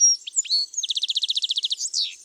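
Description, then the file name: European goldfinch singing a short phrase: a few thin whistles, then a fast even trill of many repeated notes, then a brief twitter. Garden bird. "Chardonneret elegant"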